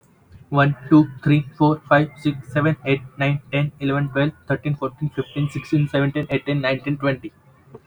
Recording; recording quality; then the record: counting at a fast pace; moderate, slight background noise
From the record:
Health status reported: healthy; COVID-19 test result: not tested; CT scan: not taken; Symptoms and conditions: none ticked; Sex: male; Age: 21 years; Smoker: no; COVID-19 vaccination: both doses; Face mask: not worn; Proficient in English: yes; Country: India